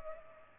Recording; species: mosquito wingbeat signal from an infrared sensor; Culex pipiens